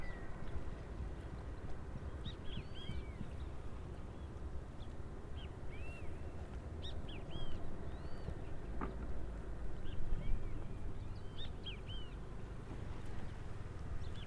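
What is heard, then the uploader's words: Noisy yellow-chested birds call repeatedly, their short, bright, swooping notes coming in scattered bursts throughout, busiest around the middle and near the end. A heavy, steady low rumble like an engine or boat motor runs underneath the whole time, with a brief knock near nine seconds. Yellow-chested birds, Bermuda. Recorded by Mark Wilden. A species of noisy yellow-chested birds in St. George, Bermuda.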